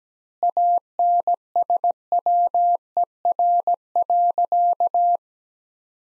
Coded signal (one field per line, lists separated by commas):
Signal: Morse code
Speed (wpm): 17 wpm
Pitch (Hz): 700 Hz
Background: none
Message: ANSWER.